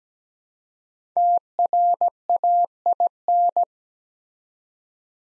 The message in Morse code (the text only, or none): TRAIN